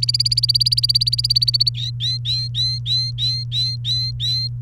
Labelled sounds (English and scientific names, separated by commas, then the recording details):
Domestic Canary (Serinus canaria) song
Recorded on 29 April 2018 at 16:33
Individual llb3